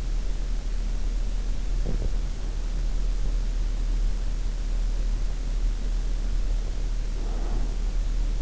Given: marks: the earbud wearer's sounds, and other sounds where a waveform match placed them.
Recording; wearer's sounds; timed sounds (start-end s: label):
sounds in sleep by an in-ear microphone; teeth grinding, breath
1.45-2.37 s: teeth grinding
6.20-8.11 s: breath